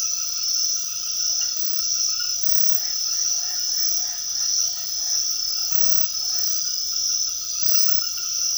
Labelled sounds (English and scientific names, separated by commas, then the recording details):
none
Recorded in secondary vegetation near Puerto Asís, Putumayo, Colombia, on 18 February 2024 at 23:30
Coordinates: 0.500, -76.326
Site G6428